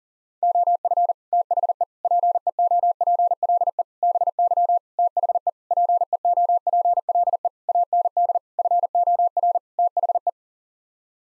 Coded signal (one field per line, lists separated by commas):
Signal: Morse code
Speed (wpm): 40 wpm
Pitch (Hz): 700 Hz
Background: none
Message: OF THE PEOPLE BY THE PEOPLE AND FOR THE